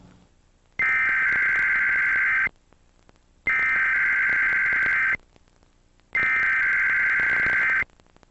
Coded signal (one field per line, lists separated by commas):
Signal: Emergency Alert System (SAME) tones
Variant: header bursts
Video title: (SSTEAS reupload) 10 ½ Years on Youtube Top 10 EAS Required Monthly Tests